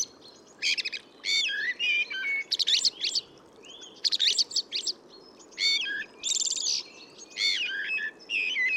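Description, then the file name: Eurasian blackbird producing dense bursts of high, scratchy twittering notes with short rising whistles, repeated almost without pause over faint background hiss. "Turdus merula"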